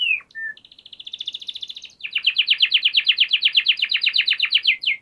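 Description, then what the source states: Canary singing: a sharp note, a low short whistle, a fine rapid trill, then a strong rolling series of repeated trilled syllables for three seconds before stopping. Canary song used to train other birds to learn the song (masteran).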